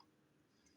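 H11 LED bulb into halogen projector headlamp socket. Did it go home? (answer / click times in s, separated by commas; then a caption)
no / none. An H11 LED bulb with an adjustable base is rotated over and over in a halogen projector headlamp socket, and its twist-lock bayonet fails to catch. Only a brief, faint tick at the very start stands out against a low, steady background. Nothing has seated or clicked yet.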